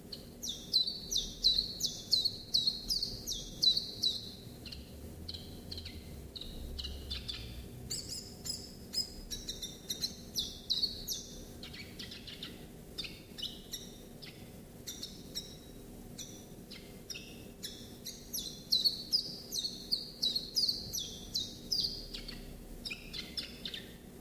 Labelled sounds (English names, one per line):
Common Chiffchaff song